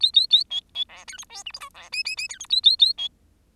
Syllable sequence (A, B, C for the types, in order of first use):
A A A B B C D E F G H I C J J J D E A A A B